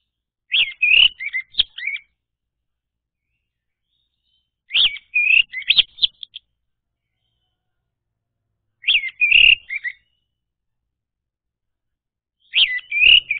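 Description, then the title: Orange-headed thrush delivering short, varied whistled phrases, about one every four seconds, each a jumble of bright slurred notes, against silence. Song played to lure an orange-headed thrush that has stopped singing into singing again. "Anis Merah Macet.. Pancing Dengan Suara Ini.. # Anis Merah"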